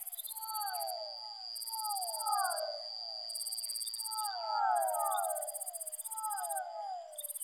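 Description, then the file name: Fischer's dwarf frog calls: overlapping downward-sliding notes in bursts, with a steady high tone and a pulsing high-pitched hiss that stops and starts. Soundscape composition built from amphibian vocalizations. "soundscape with amphibian vocalizations of physalaemus fischeri"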